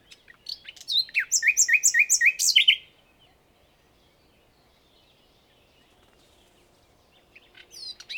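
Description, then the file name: Common nightingale song: a fast run of repeated paired notes, high and low alternating, delivered rhythmically for about two seconds, then quiet until another phrase begins. "Luscinia megarhynchos"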